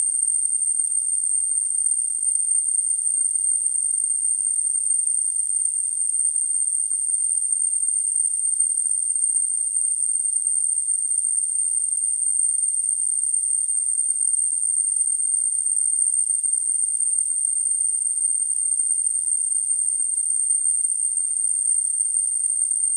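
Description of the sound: A steady, piercing high-pitched whistle with a faint hiss around it holds unchanged for the whole 23 seconds, with no pulsing or breaks. This is a simulated tinnitus sound, imitating the constant ringing a person with tinnitus hears.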